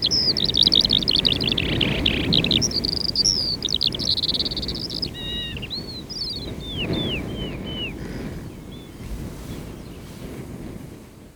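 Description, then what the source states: Eurasian skylark song in a rapid high warble that breaks into separate slurred, down-curving whistles and then fades. Singing in the reeds.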